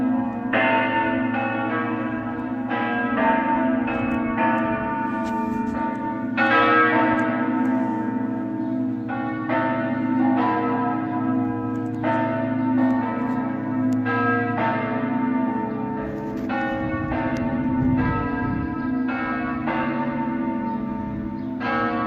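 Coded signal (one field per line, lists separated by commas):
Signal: bell signal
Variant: Friulian battiore and dopli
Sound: large church bells struck repeatedly in overlapping rhythmic peals with long ringing decays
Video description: Battiore sul campanone e dopli con le tre maggiori delle 17:30 per la Messa festiva delle 18:00.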